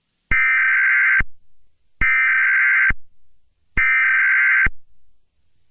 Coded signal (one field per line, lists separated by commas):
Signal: Emergency Alert System (SAME) tones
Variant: header bursts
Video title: Furries - A EAS scenario